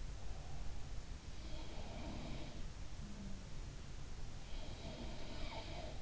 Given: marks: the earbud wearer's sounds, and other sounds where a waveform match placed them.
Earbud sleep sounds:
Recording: sounds in sleep by an in-ear microphone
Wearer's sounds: breath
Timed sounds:
0.20-2.32 s: breath
1.27-3.64 s: sound from someone else or the room
4.75-6.02 s: sound from someone else or the room

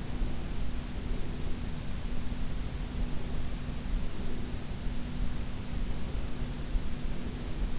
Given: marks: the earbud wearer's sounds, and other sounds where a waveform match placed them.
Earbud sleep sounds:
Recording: sounds in sleep by an in-ear microphone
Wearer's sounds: breath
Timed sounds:
0.11-1.80 s: breath
3.08-4.80 s: breath
6.35-7.79 s: breath

